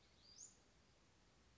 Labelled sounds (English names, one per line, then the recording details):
Western Flycatcher
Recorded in Sonoma County, California